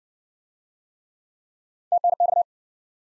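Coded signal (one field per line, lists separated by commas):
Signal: Morse code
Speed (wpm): 53 wpm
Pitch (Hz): 700 Hz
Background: none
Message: TNX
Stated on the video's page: Morse practice in Speed-Racing format: starts fast and slows incrementally to a base speed, fastest being 1.5 times slowest; final repeat sent once at maximum speed.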